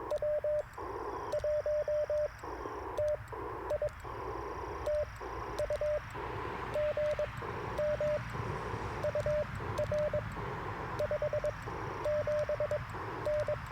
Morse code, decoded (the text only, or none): W1TI TU GM UR 57N